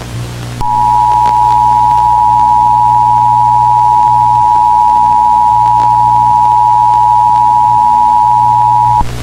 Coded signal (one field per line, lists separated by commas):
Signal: Emergency Alert System (SAME) tones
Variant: 853 and 960 Hz attention tone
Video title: The evolution of my EAS mocks after 1 month.